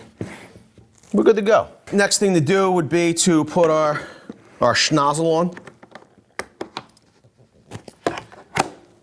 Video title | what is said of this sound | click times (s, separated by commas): This Flex Cordless 24V Tool Sucks! | boom that locks into place | 8.6 s